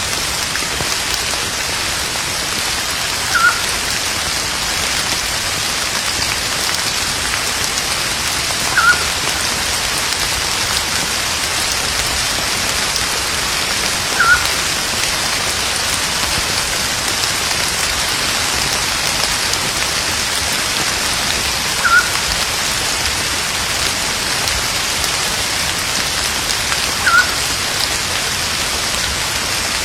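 Steady rain in the mountains falls as a dense, even hiss, brightest in its upper range and unchanging for the full thirty seconds. Every five or six seconds a single short, sharp tick stands out, like a heavy drop landing.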